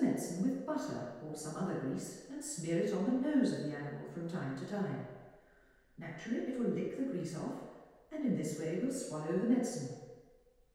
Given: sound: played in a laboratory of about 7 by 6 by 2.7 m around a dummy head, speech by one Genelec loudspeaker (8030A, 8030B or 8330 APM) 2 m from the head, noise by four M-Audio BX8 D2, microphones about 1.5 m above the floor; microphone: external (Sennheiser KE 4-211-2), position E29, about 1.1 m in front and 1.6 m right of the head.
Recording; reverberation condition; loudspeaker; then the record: female speech in English; high; behind (180 degrees)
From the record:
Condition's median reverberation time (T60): about 1300 ms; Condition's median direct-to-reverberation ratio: about -4.0 dB